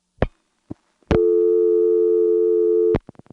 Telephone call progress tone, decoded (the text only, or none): dial tone